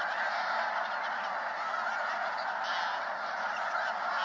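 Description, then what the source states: Snow goose flock in full cry, countless yelping honks merging into an unbroken, even roar of calls. A flock of snow geese.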